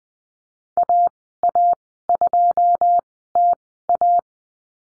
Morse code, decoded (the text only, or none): AA2TA